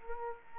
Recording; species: mosquito wingbeat signal from an infrared sensor; Culex quinquefasciatus